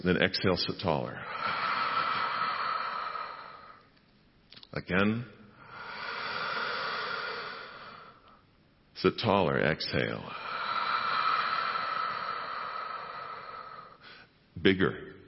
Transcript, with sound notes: And then exhale, sit taller. (Exhales) Again. (Inhales) Sit taller. Exhale. (Exhales) Bigger.